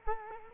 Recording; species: mosquito wingbeat signal from an infrared sensor; Culex quinquefasciatus